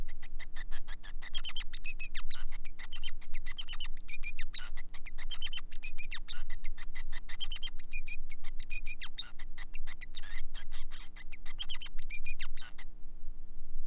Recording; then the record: song of a male Bengalese finch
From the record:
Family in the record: son of father 5